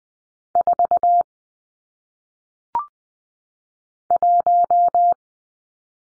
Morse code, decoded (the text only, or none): 4 1